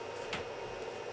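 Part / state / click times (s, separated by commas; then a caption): plastic toy-brick flip lever locking onto a rod in a brick model / seated / 0.3 s. A plastic Lego rod is pushed through a cross section of a toy-brick model so that a flip lever can lock into place on the rod. A short, sharp plastic click at 0.3 s, followed right after by a moderate hit, stands out over a steady low hum. The flip lever locks into place.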